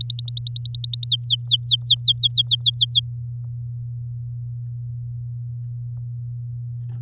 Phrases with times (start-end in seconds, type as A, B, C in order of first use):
0.01-1.08 A, 1.08-3.00 B